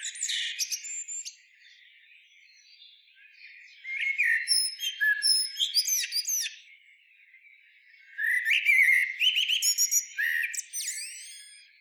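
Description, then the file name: Common blackbird song: a brief opening flourish, then two longer bouts of mellow warbling laced with high, thin squeaks and chips. "Turdus merula"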